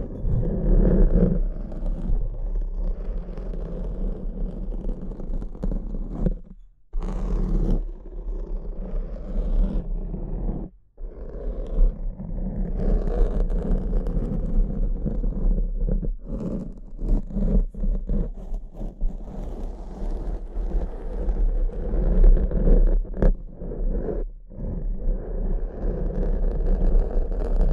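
Tapping and scratching on a surface, with a dense, low, rasping scrape running almost continuously and short sharp taps scattered throughout. The sound cuts out briefly around seven and eleven seconds, then resumes. A steady low hum sits underneath.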